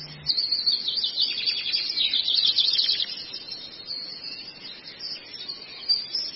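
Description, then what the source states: Long-tailed shrike song: dense, scratchy, high-pitched chattering through the first three seconds, then fading to quieter scattered notes with a final brief squeak. Recording made as masteran training audio for songbirds.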